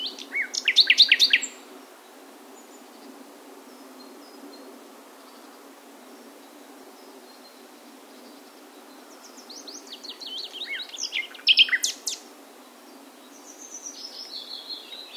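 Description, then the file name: Common nightingale singing a loud rapid phrase of repeated notes, a pause, then a varied phrase of clicks, whistles and slurred notes. "Luscinia megarhynchos"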